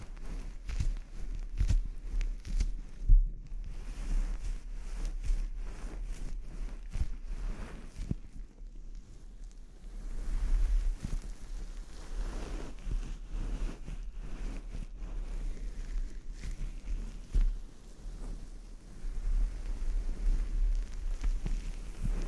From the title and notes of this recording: ASMR Sleep Inducing Scalp Treatment (No Talking).